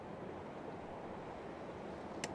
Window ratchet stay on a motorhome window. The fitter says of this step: and push out when you push you'll hear a click